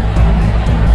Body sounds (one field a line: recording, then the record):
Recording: background sound without coughing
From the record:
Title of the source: Party Noise 1 Hour Party Ambience